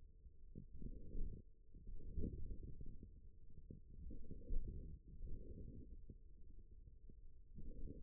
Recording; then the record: forearm muscle sounds (acoustic myography)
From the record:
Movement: forearm supination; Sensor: system 1, eight BSWA MPA416 microphones around the upper forearm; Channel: 7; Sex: male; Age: 41 years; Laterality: right